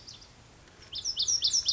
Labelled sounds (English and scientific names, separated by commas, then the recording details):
Lazuli Bunting (Passerina amoena)
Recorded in Sonoma County, California